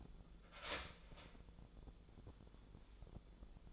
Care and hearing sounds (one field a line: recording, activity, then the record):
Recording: daily activity, microphone in the room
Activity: start toaster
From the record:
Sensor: 5